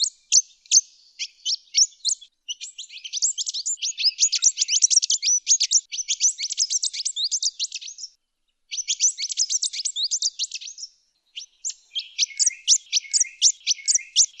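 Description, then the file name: Whydah singing a busy, high-pitched chatter of sharp chips and squeaks in long runs, broken by two short gaps. "pintailed paradise whydah"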